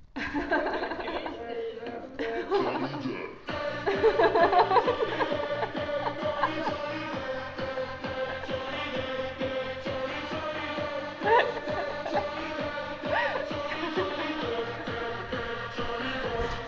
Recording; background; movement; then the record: laughter; music; sitting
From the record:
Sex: female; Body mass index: 18.3 kg/m2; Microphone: on the chest, facing outward